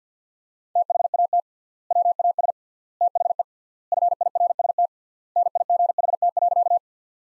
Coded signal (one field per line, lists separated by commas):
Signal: Morse code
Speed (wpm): 48 wpm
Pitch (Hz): 700 Hz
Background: none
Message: THAT WAS THE FIRST NIGHT.